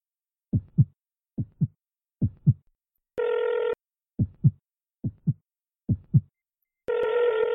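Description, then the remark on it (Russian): A pounding heartbeat thuds in steady lub-dub pairs, low and heavy, while a landline telephone ringback tone, from a call to a home number in Irkutsk, sounds twice as a steady electronic hum between the beats. “Сердце отвечало глухими ударами. Вместе с телефонным гудком оно отбивало сумасшедший техноритм.”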